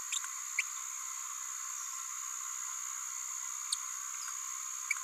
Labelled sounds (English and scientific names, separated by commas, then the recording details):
Green-rumped Parrotlet (Forpus passerinus) babbling
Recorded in a nest box in Venezuela
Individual 18B17A3